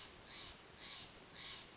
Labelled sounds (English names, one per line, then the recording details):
Steller's Jay
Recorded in Sonoma County, California